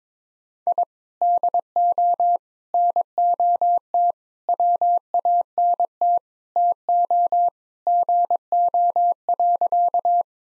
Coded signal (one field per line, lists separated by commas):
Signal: Morse code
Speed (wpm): 21 wpm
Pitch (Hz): 700 Hz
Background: none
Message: I DO NOT WANT TO GO.